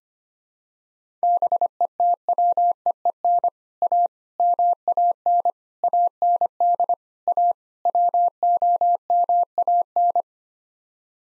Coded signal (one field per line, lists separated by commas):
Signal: Morse code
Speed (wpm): 25 wpm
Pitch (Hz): 700 Hz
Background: none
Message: BETWEEN A MAN AND A WOMAN